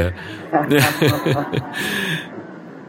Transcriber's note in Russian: Брат Бранхам смеётся—Ред